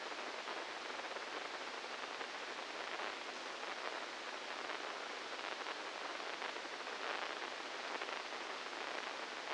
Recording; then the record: brain microelectrode recording played as sound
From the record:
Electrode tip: inside the subthalamic nucleus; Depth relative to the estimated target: -3 mm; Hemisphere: left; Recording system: NeuroSet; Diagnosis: Parkinson's disease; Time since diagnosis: 15 years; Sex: female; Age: 59 years